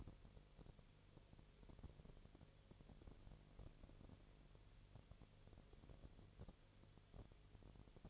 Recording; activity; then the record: daily activity, microphone in the room; no activity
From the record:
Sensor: 4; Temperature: 22.4 degrees Celsius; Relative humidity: 31.2%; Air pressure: 1004.1 hPa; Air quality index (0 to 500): 85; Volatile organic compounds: 1 ppm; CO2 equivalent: 767 ppm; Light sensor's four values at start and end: 2/3/1/1 and 2/3/1/1